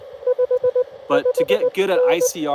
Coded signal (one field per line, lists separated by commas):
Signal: Morse code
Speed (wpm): 24 wpm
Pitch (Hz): 500 Hz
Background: speech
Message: 5 5N